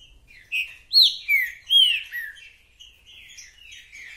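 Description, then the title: Green-winged saltator song: a loud phrase of four ringing, down-slurred whistles, followed by softer trailing notes. Songs used in a territorial dispute, the bird chirping, singing and acting aggressively male ('macheando'); a repeating singer giving one song after another; song style called 'mercenário'. "Esse É PERFEITO Para ESQUENTAR Seu TRINCA Piando, Cantando E Macheando Na DISPUTA. 🔥TRINCA FERRO REPETIDOR !! UM CANTO ATRÁS DO OUTRO!!! TRINCA FERRO MERCENARIO!"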